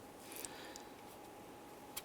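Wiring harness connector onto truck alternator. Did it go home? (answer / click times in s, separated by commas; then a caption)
no / none. The plastic connector of a wiring harness is being handled and pressed toward the alternator terminal on a 2002-2008 Dodge Ram 1500 truck. Against a steady background hiss, a few brief, faint clicks and taps sound at about 0.4, 0.5, 0.8 and 2.0 seconds. The connector has not snapped into place yet; nothing has seated.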